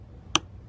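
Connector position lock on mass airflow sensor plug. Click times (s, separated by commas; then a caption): 0.4 s. A C5 Corvette mass airflow sensor plug has its connector position lock pushed home after cleaning. A single loud, sharp click at 0.4 s confirms the locking tab has clicked closed and the lock is seated. Nobody talks.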